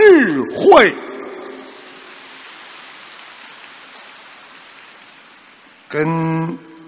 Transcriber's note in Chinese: 掌声